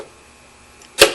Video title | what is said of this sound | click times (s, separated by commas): How To Replace The Intake manifold 1996-2007 Ford 4.6 Liter | same thing here push it in and you hear a snap | 1.0 s